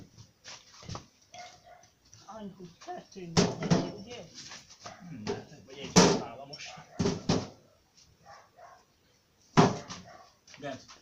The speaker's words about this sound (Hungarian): Te azt hiszem, hogy ugat a kutya, mert kint van a kutya?